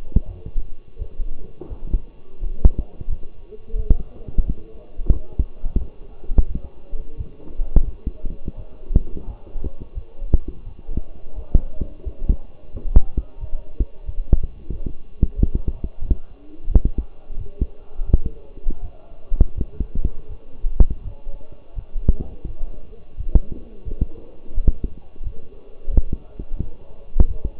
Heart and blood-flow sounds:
heart sounds by stethoscope; between the tricuspid and mitral areas; 87 bpm
0.26 s: heartbeat
0.98 s: heartbeat
1.69 s: heartbeat
2.40 s: heartbeat
3.08 s: heartbeat
3.76 s: heartbeat
4.44 s: heartbeat
5.12 s: heartbeat
5.78 s: heartbeat
6.47 s: heartbeat
7.16 s: heartbeat
7.85 s: heartbeat
8.56 s: heartbeat
9.26 s: heartbeat
9.94 s: heartbeat
10.65 s: heartbeat
11.35 s: heartbeat
12.04 s: heartbeat
12.72 s: heartbeat
13.40 s: heartbeat
14.05 s: heartbeat
14.71 s: heartbeat
15.35 s: heartbeat
16.00 s: heartbeat
16.68 s: heartbeat
17.37 s: heartbeat
18.06 s: heartbeat
18.81 s: heartbeat
19.55 s: heartbeat
20.28 s: heartbeat
21.03 s: heartbeat
21.75 s: heartbeat
22.46 s: heartbeat
23.17 s: heartbeat
23.84 s: heartbeat
24.54 s: heartbeat
25.23 s: heartbeat
25.90 s: heartbeat
26.59 s: heartbeat
27.27 s: heartbeat
From the record:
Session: walking at 3.7 km/h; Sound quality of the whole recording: partially saturated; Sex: male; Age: 24 years

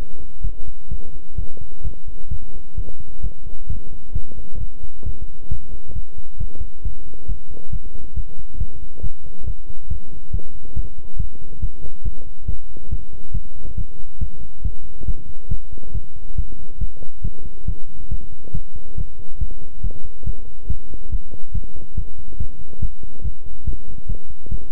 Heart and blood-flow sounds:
heart sounds by stethoscope; between the tricuspid and mitral areas; 137 bpm
0.42 s: heartbeat
0.89 s: heartbeat
1.36 s: heartbeat
1.82 s: heartbeat
2.29 s: heartbeat
2.75 s: heartbeat
3.21 s: heartbeat
3.67 s: heartbeat
4.13 s: heartbeat
4.58 s: heartbeat
5.04 s: heartbeat
5.49 s: heartbeat
5.93 s: heartbeat
6.38 s: heartbeat
6.82 s: heartbeat
7.26 s: heartbeat
7.70 s: heartbeat
8.14 s: heartbeat
8.58 s: heartbeat
9.01 s: heartbeat
9.45 s: heartbeat
9.88 s: heartbeat
10.31 s: heartbeat
10.74 s: heartbeat
11.17 s: heartbeat
11.60 s: heartbeat
12.03 s: heartbeat
12.46 s: heartbeat
12.89 s: heartbeat
13.32 s: heartbeat
13.75 s: heartbeat
14.19 s: heartbeat
14.62 s: heartbeat
15.06 s: heartbeat
15.49 s: heartbeat
15.92 s: heartbeat
16.36 s: heartbeat
16.79 s: heartbeat
17.22 s: heartbeat
17.66 s: heartbeat
18.09 s: heartbeat
18.52 s: heartbeat
18.95 s: heartbeat
19.39 s: heartbeat
19.81 s: heartbeat
20.24 s: heartbeat
20.67 s: heartbeat
21.10 s: heartbeat
21.52 s: heartbeat
21.95 s: heartbeat
22.38 s: heartbeat
22.80 s: heartbeat
23.22 s: heartbeat
23.65 s: heartbeat
24.07 s: heartbeat
24.49 s: heartbeat
From the record:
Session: pedaling a stationary bicycle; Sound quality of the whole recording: good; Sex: male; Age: 24 years

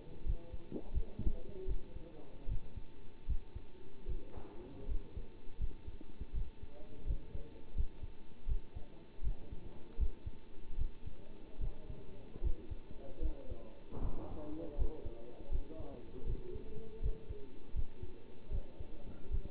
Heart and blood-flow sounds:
heart sounds by stethoscope; between the tricuspid and mitral areas; 79 bpm
0.25 s: heartbeat
0.93 s: heartbeat
1.67 s: heartbeat
2.48 s: heartbeat
3.27 s: heartbeat
4.07 s: heartbeat
4.88 s: heartbeat
5.59 s: heartbeat
6.34 s: heartbeat
7.06 s: heartbeat
7.75 s: heartbeat
8.47 s: heartbeat
9.23 s: heartbeat
9.98 s: heartbeat
10.77 s: heartbeat
11.60 s: heartbeat
12.43 s: heartbeat
13.21 s: heartbeat
14.01 s: heartbeat
14.77 s: heartbeat
15.51 s: heartbeat
16.26 s: heartbeat
17.01 s: heartbeat
17.74 s: heartbeat
18.51 s: heartbeat
19.30 s: heartbeat
From the record:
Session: bicycle stress test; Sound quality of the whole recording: good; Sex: male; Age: 27 years

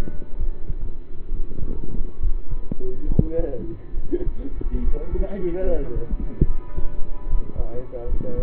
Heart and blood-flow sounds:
heart sounds by stethoscope; between the tricuspid and mitral areas; 70 bpm
0.36 s: heartbeat
1.29 s: heartbeat
2.18 s: heartbeat
3.05 s: heartbeat
3.93 s: heartbeat
4.80 s: heartbeat
5.63 s: heartbeat
6.45 s: heartbeat
7.26 s: heartbeat
8.05 s: heartbeat
From the record:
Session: rest, lying down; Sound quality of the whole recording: partially saturated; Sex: male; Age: 27 years

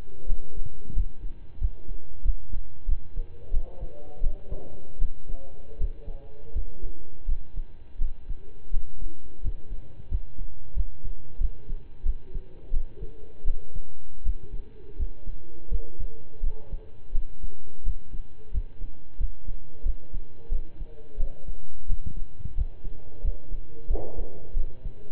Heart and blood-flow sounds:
heart sounds by stethoscope; between the tricuspid and mitral areas; 87 bpm
0.26 s: heartbeat
0.92 s: heartbeat
1.57 s: heartbeat
2.22 s: heartbeat
2.85 s: heartbeat
3.50 s: heartbeat
4.20 s: heartbeat
4.98 s: heartbeat
5.77 s: heartbeat
6.52 s: heartbeat
7.25 s: heartbeat
7.97 s: heartbeat
8.70 s: heartbeat
9.40 s: heartbeat
10.07 s: heartbeat
10.73 s: heartbeat
11.37 s: heartbeat
12.02 s: heartbeat
12.70 s: heartbeat
13.44 s: heartbeat
14.22 s: heartbeat
14.96 s: heartbeat
15.68 s: heartbeat
16.40 s: heartbeat
17.11 s: heartbeat
17.82 s: heartbeat
18.50 s: heartbeat
19.17 s: heartbeat
19.82 s: heartbeat
20.48 s: heartbeat
21.16 s: heartbeat
21.86 s: heartbeat
22.54 s: heartbeat
23.21 s: heartbeat
23.87 s: heartbeat
24.53 s: heartbeat
From the record:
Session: slow and fast walking with breaks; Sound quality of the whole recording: saturated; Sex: male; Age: 25 years

